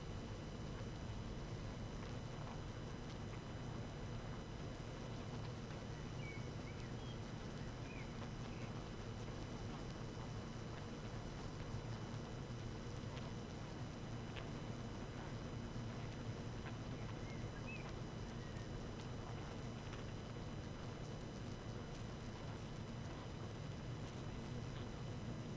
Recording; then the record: honeybee colony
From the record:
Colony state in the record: active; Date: 12 June 2018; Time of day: 19:02